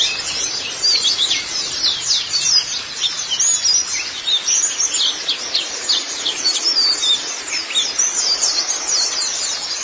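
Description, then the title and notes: White-eye singing in rapid bursts of thin, high chirps, the twittering swelling slightly after the first second and carrying on steadily. "Kicauan Burung Pleci Durasi Panjang. Suara kicauan burung pleci"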